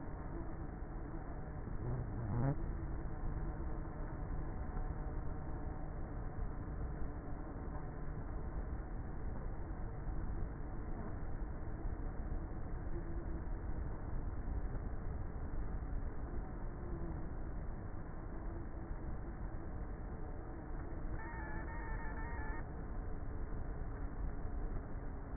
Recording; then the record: honeybee colony, microphone inside the hive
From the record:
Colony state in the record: queenless with a low population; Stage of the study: before two queens were removed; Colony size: about 30,000 bees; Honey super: no